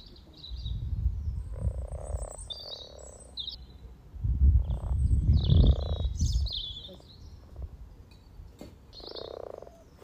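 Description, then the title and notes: Frogs in chorus, low rumbling purrs swelling in a few bursts, with songbirds chirping and twittering above. Chorus of about 20 frogs in sunny garden pond among fresh frogspawn, welcoming arriving females; Freshfield, Formby, Merseyside, UK; sunny St Patrick's Day, 17 March 2023, spring, lunchtime. "Frog chorus captured on 17th March 2023, Freshfield Formby Merseyside, UK"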